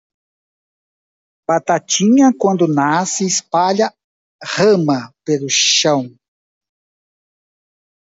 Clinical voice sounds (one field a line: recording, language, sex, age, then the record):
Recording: short text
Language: Brazilian Portuguese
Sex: male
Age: 60 to 69 years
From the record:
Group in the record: control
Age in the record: 64 years